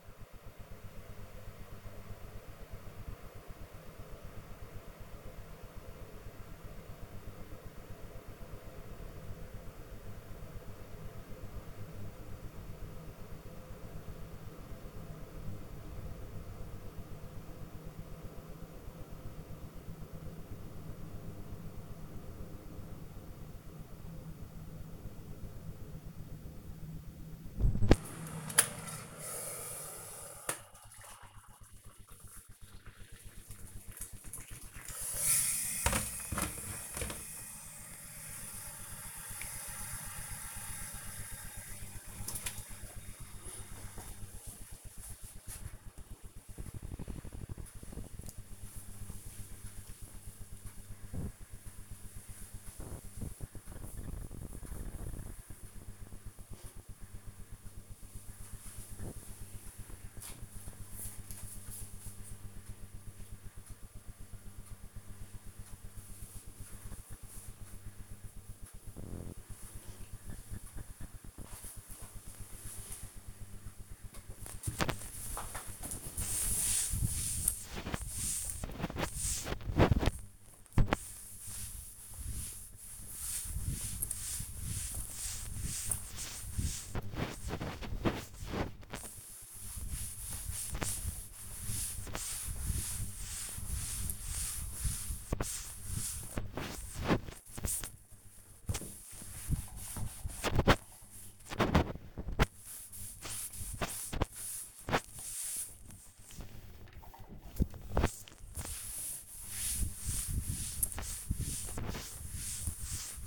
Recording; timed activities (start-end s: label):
household activities, microphone on the right wrist
0.00-41.37 s: making tea
73.55-113.26 s: cleaning table